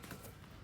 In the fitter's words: bit snap in place just like that